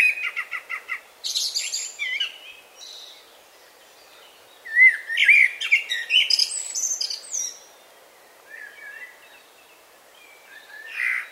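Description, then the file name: Common blackbird sings in bursts of mellow warbling and thin high twitters, separated by quiet pauses, ending with a short chirpy flourish. "Turdus merula"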